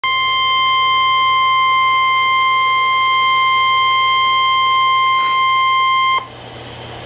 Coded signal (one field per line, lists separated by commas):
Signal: Emergency Alert System (SAME) tones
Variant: 1050 Hz attention tone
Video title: Severe Thunderstorm Waring (EAS #806)